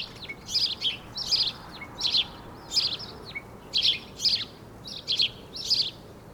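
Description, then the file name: House sparrow giving a series of repeated chirps, often in close pairs, over steady background noise. "Passer domesticus"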